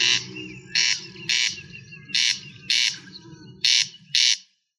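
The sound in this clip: Rail calling with a string of seven harsh, buzzy squawks every half second to one second, over a low rumbling background.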